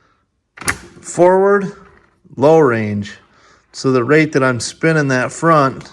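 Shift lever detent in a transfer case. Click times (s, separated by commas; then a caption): 0.6 s, 0.7 s. The range selector lever on an FJ Cruiser twin-stick transfer case, sitting on a bench for a swap into a 2nd Gen Tacoma 4-cylinder 5-speed, is shifted from neutral forward into low range. It clicks twice into its detent at 0.6 s and 0.7 s, and the lever is seated. Someone talks throughout.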